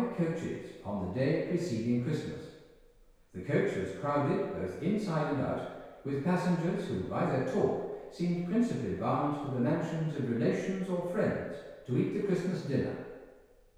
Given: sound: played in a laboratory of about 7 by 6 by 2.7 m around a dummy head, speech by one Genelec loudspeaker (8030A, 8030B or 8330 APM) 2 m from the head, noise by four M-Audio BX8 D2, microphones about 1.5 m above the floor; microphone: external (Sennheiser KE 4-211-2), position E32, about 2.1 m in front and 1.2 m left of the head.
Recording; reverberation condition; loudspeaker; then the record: male speech in English; high; 60 degrees to the right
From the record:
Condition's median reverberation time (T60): about 1300 ms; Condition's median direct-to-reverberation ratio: about -4.0 dB